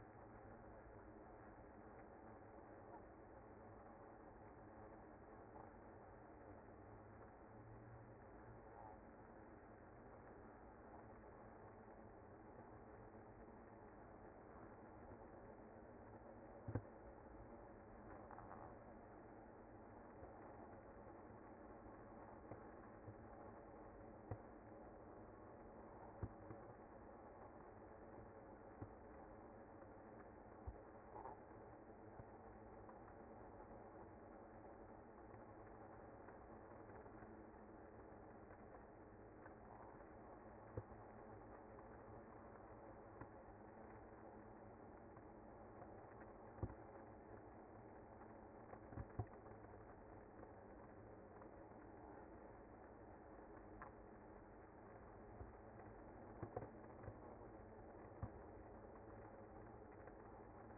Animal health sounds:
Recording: honeybee colony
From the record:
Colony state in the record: active

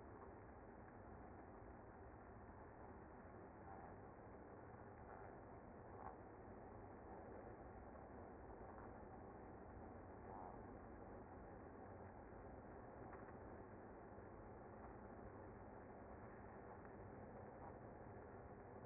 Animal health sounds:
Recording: honeybee colony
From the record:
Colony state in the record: active

